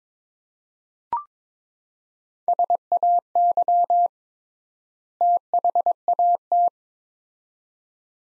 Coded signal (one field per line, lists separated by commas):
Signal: Morse code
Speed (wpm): 22 wpm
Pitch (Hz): 700 Hz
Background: none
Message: SAY THAT